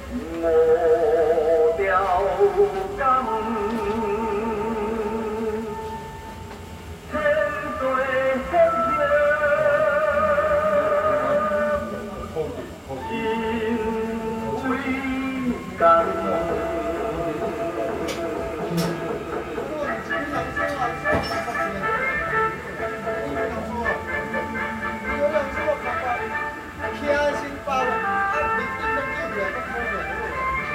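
A festival theme song plays on a loop inside a small temple hall, a wavering sung melody over steady accompaniment at an even, fairly loud level. The sound is somewhat boxy and roomy, with a brief lull near seven seconds and faint clicks and room noise underneath.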